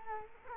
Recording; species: mosquito wingbeat signal from an infrared sensor; Culex quinquefasciatus